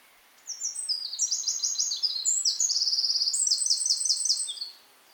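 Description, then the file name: Eurasian wren song: a fast, loud, high-pitched burst of tumbling notes and rapid rattling trills, running about four seconds without pause. "Troglodytes troglodytes"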